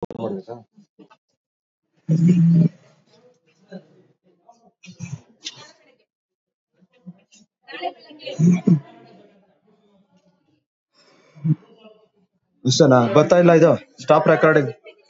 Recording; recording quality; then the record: deep breathing; poor, much background noise or distortion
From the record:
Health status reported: recovered from COVID-19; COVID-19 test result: positive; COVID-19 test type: RT-PCR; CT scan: not taken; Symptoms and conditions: cough, cold, sore throat, fever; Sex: male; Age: 41 years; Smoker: no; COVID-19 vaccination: both doses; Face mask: not worn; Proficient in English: no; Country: India